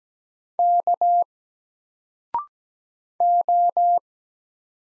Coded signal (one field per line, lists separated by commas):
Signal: Morse code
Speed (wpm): 17 wpm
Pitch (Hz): 700 Hz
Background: none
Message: K O